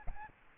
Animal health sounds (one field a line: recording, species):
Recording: mosquito wingbeat signal from an infrared sensor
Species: Aedes albopictus